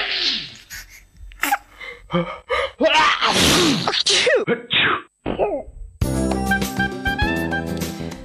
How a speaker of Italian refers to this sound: non solo arriva l'herpes ad alcuni, ma arriva lo starnuto liberatore, o meglio purificatore.